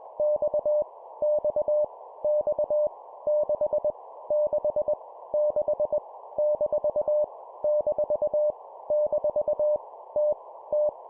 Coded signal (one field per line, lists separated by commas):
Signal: Morse code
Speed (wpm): 21 wpm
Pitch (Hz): 600 Hz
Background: none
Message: X X X 6 6 6 - - - T T